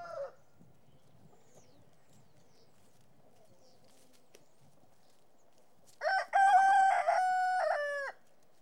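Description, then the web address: Rooster crow tail at the start, quiet pause, then a full loud crow with a broken opening and a long level final note. "петух"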